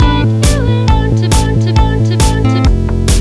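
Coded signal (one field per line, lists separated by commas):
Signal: none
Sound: music synth beeps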